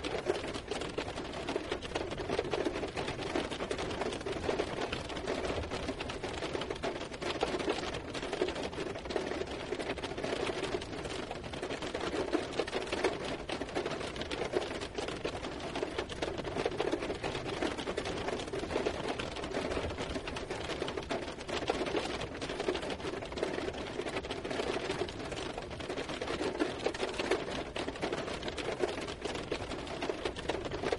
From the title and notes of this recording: The sky is darkening as the rain begins to fall gently around you. Rhythmic patter on leaves.